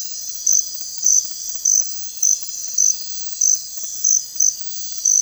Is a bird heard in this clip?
no